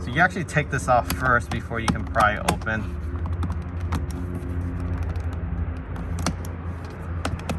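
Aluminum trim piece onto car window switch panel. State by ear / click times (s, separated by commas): not seated / none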